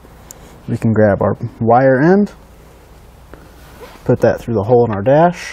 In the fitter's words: plug that in you'll hear a nice click